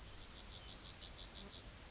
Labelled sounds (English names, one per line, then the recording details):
Yellowhammer song
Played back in grassland
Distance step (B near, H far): D
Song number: 169